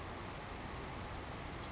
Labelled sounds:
Savannah Sparrow (Passerculus sandwichensis)
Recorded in Sonoma County, California

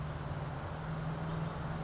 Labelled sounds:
California Towhee (Melozone crissalis)
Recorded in Sonoma County, California

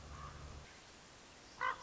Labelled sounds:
Common Raven (Corvus corax)
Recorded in Sonoma County, California

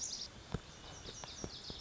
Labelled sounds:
Lazuli Bunting (Passerina amoena)
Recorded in Sonoma County, California

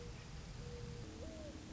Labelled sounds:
Mourning Dove (Zenaida macroura)
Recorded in Sonoma County, California

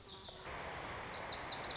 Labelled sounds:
Lazuli Bunting (Passerina amoena)
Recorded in Sonoma County, California

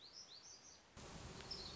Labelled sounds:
Black-throated Gray Warbler (Setophaga nigrescens)
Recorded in Sonoma County, California

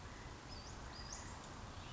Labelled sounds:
Western Flycatcher (Empidonax difficilis)
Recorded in Sonoma County, California

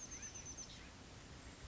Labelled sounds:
Oak Titmouse (Baeolophus inornatus)
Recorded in Sonoma County, California

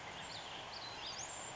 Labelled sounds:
Western Flycatcher (Empidonax difficilis)
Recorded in Sonoma County, California

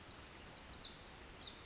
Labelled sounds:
Pacific Wren (Troglodytes pacificus)
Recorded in Sonoma County, California

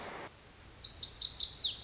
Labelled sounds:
Lazuli Bunting (Passerina amoena)
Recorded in Sonoma County, California

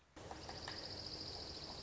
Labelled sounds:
Dark-eyed Junco (Junco hyemalis)
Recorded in Sonoma County, California

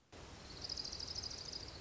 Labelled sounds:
Orange-crowned Warbler (Leiothlypis celata)
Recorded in Sonoma County, California

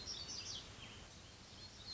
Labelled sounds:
Black-throated Gray Warbler (Setophaga nigrescens)
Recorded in Sonoma County, California

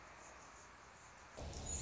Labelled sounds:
Anna's Hummingbird (Calypte anna)
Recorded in Sonoma County, California

